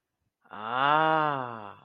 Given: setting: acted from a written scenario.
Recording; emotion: vocal sound without words; realization